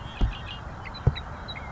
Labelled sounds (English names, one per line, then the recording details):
Red-winged Blackbird
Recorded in Sonoma County, California